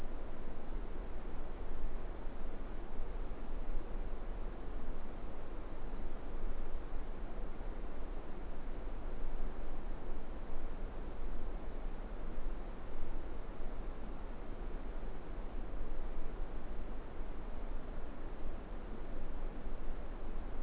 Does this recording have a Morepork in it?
no